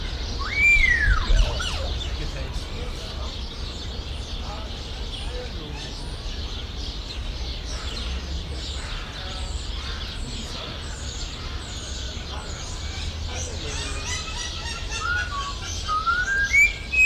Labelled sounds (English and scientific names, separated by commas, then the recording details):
Common Hill Myna (Gracula religiosa)
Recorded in captivity
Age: adult
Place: Zoo Berlin, Berlin, DE
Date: 1993-02-20 14:26
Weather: 3 °C, heiter bis wolkig, böiger Wind
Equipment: Marantz CP 430, Sennheiser ME 80, Kopie Uher Variocord 263
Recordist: Tembrock, Günter